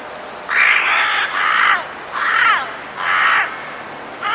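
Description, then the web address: Bird giving harsh, hoarse caws, four calls about one per second with a fifth starting at the end, over faint steady background hiss. "cianscape. Deverinetal 2025. Bird Only"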